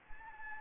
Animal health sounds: mosquito wingbeat signal from an infrared sensor; Anopheles gambiae

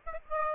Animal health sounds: mosquito wingbeat signal from an infrared sensor; Aedes aegypti

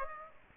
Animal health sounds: mosquito wingbeat signal from an infrared sensor; Aedes aegypti

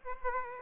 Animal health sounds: mosquito wingbeat signal from an infrared sensor; Aedes aegypti

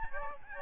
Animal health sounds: mosquito wingbeat signal from an infrared sensor; Aedes albopictus

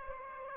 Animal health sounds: mosquito wingbeat signal from an infrared sensor; Aedes aegypti

